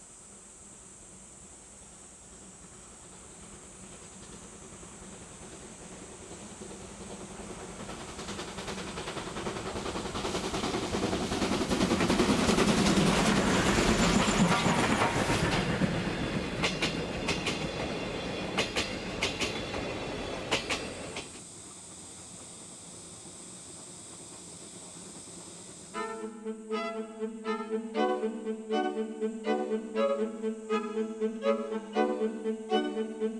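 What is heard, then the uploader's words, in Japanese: A double-headed steam train approaches, its rumble and rail clatter swelling to a loud, dense peak around the middle, then cutting away abruptly just past twenty seconds. After a quieter pause, a bright, regularly pulsing ringing tone, like a crossing signal, fills the final seconds. SLやまぐち号 vol.3 ー重連ー。JR山口線を走る重連の「SLやまぐち号」（前半）です。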